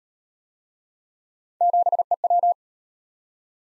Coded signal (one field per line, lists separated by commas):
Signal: Morse code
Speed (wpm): 38 wpm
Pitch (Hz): 700 Hz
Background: none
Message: 7EW